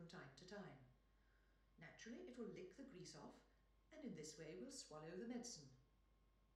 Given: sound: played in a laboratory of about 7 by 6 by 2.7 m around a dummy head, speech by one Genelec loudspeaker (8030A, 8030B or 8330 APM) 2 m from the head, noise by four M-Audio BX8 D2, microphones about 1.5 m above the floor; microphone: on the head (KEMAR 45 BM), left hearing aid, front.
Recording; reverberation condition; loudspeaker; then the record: female speech in English; medium; in front (0 degrees)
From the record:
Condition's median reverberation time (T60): about 510 ms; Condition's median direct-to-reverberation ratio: about -0.5 dB